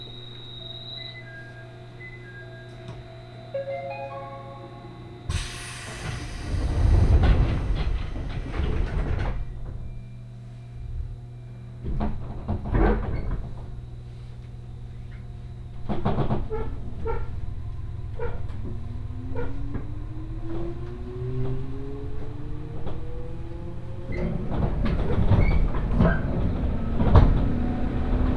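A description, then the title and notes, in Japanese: A Senseki Line local train, heard from on board. A short series of beeping chime tones gives way to a loud hiss and thumps around five to ten seconds, then scattered clunks over a steady low hum, and a rising motor whine as the train accelerates. 仙石線 普通 松島海岸→石巻。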